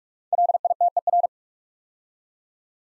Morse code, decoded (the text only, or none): LITER